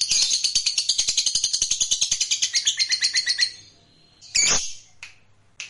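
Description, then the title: Lovebird chattering song, a rapid run of sharp high chirps for about three and a half seconds, then a pause and a few loud shrill squeaks. "Suara Lovebird"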